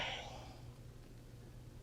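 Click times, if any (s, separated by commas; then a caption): none. Two people work together to close a jewelry clasp on a bell pendant, and a soft breathy rush is heard at the start before the sound settles into a quiet, steady low hum. The clasp has not clicked shut yet, and nothing has seated.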